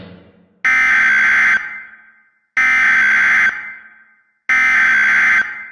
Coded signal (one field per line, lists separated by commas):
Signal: Emergency Alert System (SAME) tones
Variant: header bursts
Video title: [EAS Mock] The Texas Nickelodeon Anomaly of 2025